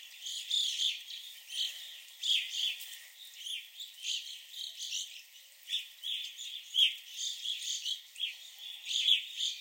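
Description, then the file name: Evening grosbeaks giving many bright, piercing chirps that overlap in a busy, chattering flock chorus, with short louder clusters throughout. Several birds at a visitor center in Sax-Zim Bog. "Evening Grosbeaks at the Sax-Zim Bog"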